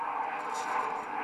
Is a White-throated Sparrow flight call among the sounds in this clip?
no